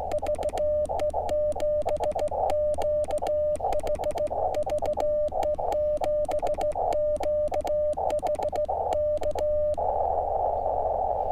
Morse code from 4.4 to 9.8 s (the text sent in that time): VE7QH K